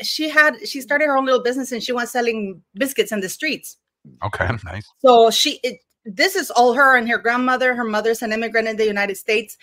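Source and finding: Adult woman speaking. Normal speech.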